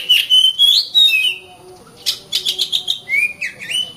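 Oriental magpie-robin giving a brief song of clear whistled slurs followed by a quick run of harsh chattering notes and a final rising-falling whistle.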